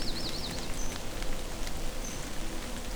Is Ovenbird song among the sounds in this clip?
no